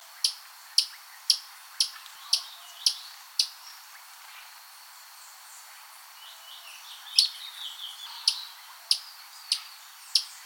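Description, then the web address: Spadebill giving sharp, high clicking notes spaced about half a second apart, with a pause midway, then the series resumes alongside faint soft twittering. "cantos mosquepicopala"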